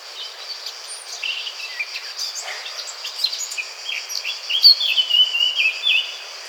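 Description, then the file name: Eurasian blackcap song, a quiet muttered warble rising into louder, clear whistled phrases in the final seconds, over a constant high hiss. "Sylvia atricapilla"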